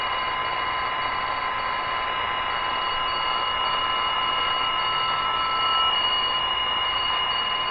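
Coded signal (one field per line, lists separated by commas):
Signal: PSK31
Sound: several steady warbling tones over shortwave hiss, like faint whistles held continuously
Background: radio static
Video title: Grundig G5: Psk31 on the Fly via Digipan @ 14.070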